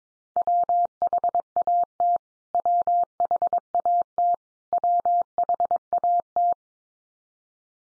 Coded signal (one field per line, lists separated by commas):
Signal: Morse code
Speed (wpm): 22 wpm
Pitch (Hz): 700 Hz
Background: none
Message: WHAT WHAT WHAT